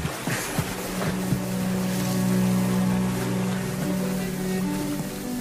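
Water laps and splashes around a canoe, a few soft slaps early on, over a steady low droning hum and constant wash. No voices.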